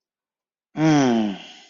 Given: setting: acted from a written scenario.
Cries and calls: vocal sound without words; desire

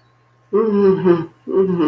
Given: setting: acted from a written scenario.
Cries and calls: vocal sound without words; shame

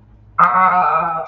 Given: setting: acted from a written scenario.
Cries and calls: vocal sound without words; pain

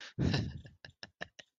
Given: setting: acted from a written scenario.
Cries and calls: vocal sound without words; amusement

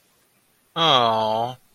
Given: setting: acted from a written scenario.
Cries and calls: vocal sound without words; adoration

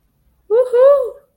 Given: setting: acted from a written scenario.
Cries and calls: vocal sound without words; triumph

